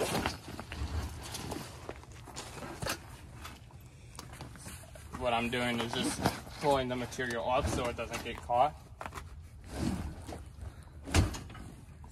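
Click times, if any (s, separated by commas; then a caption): 11.2 s. A pull-out bed on a Palomino tent trailer is pulled straight out along its frame while someone talks, with scattered handling knocks and rustles as the material is pulled clear so it doesn't get caught. The bed's latch engages with a sharp click at 11.2 seconds, locking it out in place.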